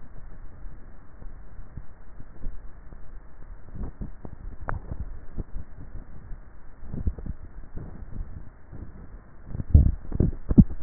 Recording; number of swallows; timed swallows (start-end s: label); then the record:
swallowing sounds by neck microphone; 3
4.58-5.28 s: swallow
7.08-7.62 s: swallow
9.68-10.18 s: swallow
From the record:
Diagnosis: dysphagia